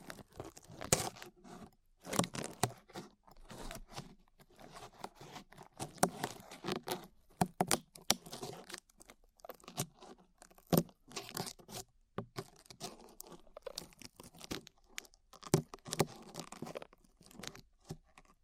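Glue is peeled away in a steady run of sticky, crackling tears, each pull a short crunchy burst with brief pauses between. The bursts come irregularly, several per second at times, some sharper snaps standing out, and the texture stays bright and scratchy throughout.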